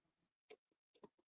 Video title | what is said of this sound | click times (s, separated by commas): Let's Open Some Toys Live! Ep. 30 First Live of 2026 | And they just clip in. | 0.5 s, 1.0 s